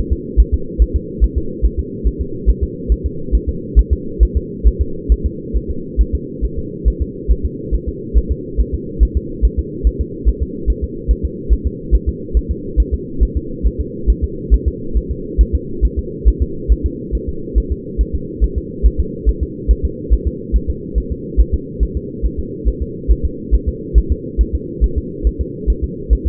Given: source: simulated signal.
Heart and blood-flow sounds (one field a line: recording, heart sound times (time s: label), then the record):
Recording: fetal heart sounds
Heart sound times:
0.13 s: S2
0.40 s: S1
0.54 s: S2
0.82 s: S1
0.96 s: S2
1.24 s: S1
1.38 s: S2
1.65 s: S1
1.79 s: S2
2.07 s: S1
2.21 s: S2
2.49 s: S1
2.63 s: S2
2.92 s: S1
3.06 s: S2
3.35 s: S1
3.49 s: S2
3.79 s: S1
3.93 s: S2
4.23 s: S1
4.37 s: S2
4.67 s: S1
4.81 s: S2
5.12 s: S1
5.26 s: S2
5.56 s: S1
5.70 s: S2
6.01 s: S1
6.15 s: S2
6.45 s: S1
6.59 s: S2
6.88 s: S1
7.02 s: S2
7.31 s: S1
7.45 s: S2
7.75 s: S1
7.89 s: S2
8.18 s: S1
8.32 s: S2
8.60 s: S1
8.74 s: S2
9.03 s: S1
9.17 s: S2
9.45 s: S1
9.59 s: S2
9.87 s: S1
10.01 s: S2
10.29 s: S1
10.42 s: S2
10.70 s: S1
10.84 s: S2
11.11 s: S1
11.25 s: S2
11.53 s: S1
11.67 s: S2
11.95 s: S1
12.09 s: S2
12.37 s: S1
12.51 s: S2
12.80 s: S1
12.94 s: S2
13.23 s: S1
13.37 s: S2
13.67 s: S1
13.81 s: S2
14.10 s: S1
14.24 s: S2
14.54 s: S1
14.68 s: S2
14.97 s: S1
15.11 s: S2
15.41 s: S1
15.55 s: S2
15.85 s: S1
15.99 s: S2
16.28 s: S1
16.42 s: S2
16.72 s: S1
16.86 s: S2
17.15 s: S1
17.29 s: S2
17.58 s: S1
17.72 s: S2
18.01 s: S1
18.15 s: S2
18.44 s: S1
18.58 s: S2
18.86 s: S1
19.00 s: S2
19.29 s: S1
19.43 s: S2
19.71 s: S1
19.85 s: S2
20.13 s: S1
20.27 s: S2
20.56 s: S1
20.70 s: S2
20.98 s: S1
21.12 s: S2
21.40 s: S1
21.54 s: S2
21.83 s: S1
21.97 s: S2
22.25 s: S1
22.39 s: S2
22.68 s: S1
22.82 s: S2
23.11 s: S1
23.25 s: S2
23.55 s: S1
23.68 s: S2
23.98 s: S1
24.12 s: S2
24.41 s: S1
24.55 s: S2
24.84 s: S1
24.98 s: S2
25.27 s: S1
25.41 s: S2
25.70 s: S1
25.84 s: S2
26.13 s: S1
26.27 s: S2
From the record:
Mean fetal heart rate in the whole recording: 140 bpm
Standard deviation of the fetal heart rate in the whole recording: 2 bpm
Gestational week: 34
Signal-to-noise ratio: -4.3 dB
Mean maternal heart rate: 72 bpm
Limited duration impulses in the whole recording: absent